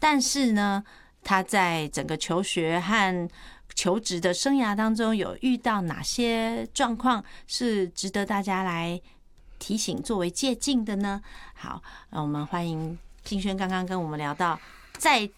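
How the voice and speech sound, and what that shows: A woman speaks Mandarin in a smooth, even radio-host manner, with a mid-range pitch, clear voicing and short natural pauses between phrases. She asks a question and then welcomes a guest. Fluent ordinary speech with no sign of a voice or speech disorder.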